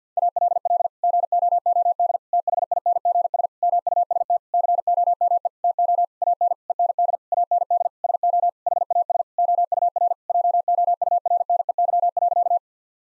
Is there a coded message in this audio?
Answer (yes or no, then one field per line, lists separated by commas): yes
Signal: Morse code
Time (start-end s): 0.2-12.6 s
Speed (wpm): 50 wpm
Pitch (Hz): 700 Hz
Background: none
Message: ALL GOOD THINGS MUST COME TO AN END AND SO HAS OUR JOURNEY.